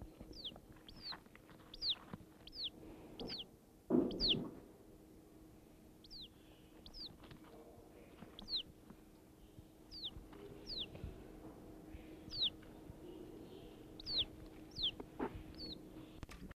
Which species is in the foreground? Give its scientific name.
Vanellus armatus